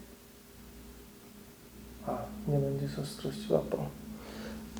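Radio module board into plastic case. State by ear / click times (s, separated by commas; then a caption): seated / 4.8 s. A LoRa radio module board is pressed into its plastic case while someone talks. It clicks into place at 4.8 s, and the module is seated in the enclosure.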